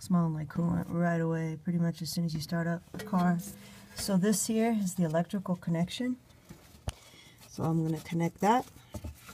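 A wiring harness electrical connector is handled next to the new electric auxiliary water pump on a Mercedes W163 ML350/ML500 M112/M113 V6/V8 engine, about to be pushed in, while someone talks. A brief sharp tick is heard around 6.9 s, but the connector has not seated or clicked yet when the clip ends.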